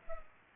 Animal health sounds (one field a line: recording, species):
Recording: mosquito wingbeat signal from an infrared sensor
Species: Culex pipiens